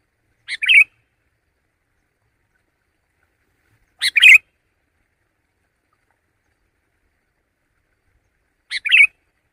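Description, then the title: Sooty-headed bulbul uttering three brief, bubbly chirp phrases spaced several seconds apart against a quiet background. "kutilang"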